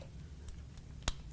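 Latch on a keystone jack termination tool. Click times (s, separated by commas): 1.1 s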